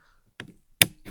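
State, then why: Seated. A charging handle is inserted into the bolt carrier of a Sulun Tac 12 semi-auto shotgun during field reassembly; it goes in until it clicks, then is turned until a second click so it cannot come out. A soft knock at 0.4 s is followed by a sharp, loud click at 0.8 s as the handle seats, with a faint tap near 1.1 s.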